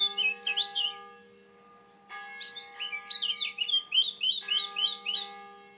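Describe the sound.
Eurasian blackcap singing a quick run of varied twittering phrases, pausing briefly, then warbling again, against a constant hum.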